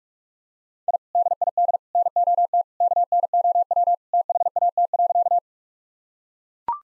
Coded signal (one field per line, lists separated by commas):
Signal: Morse code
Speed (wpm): 41 wpm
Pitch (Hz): 700 Hz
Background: none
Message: I DID NOT KNOW THAT.